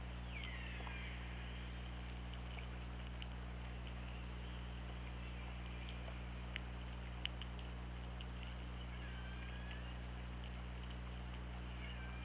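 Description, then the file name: Killer whale calls, a faint downward-sweeping harmonic cry near the start and further tonal calls near the end, over steady underwater hiss and a constant low hum. Recorded on the OrcaLab hydrophone, 24 August 2017 at 20:58. "Orca Lab UTLN JASON 20170824 205808"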